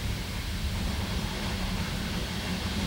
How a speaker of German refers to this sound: sitzt in einem D-Zug-Abteil zwischen Hannover und Göttingen. Ein bisschen Werbung über den Kunstledersitzen. Ein überfüllter Aschenbecher quillt aus der Lehne. Draußen rasen grüne Tupfer.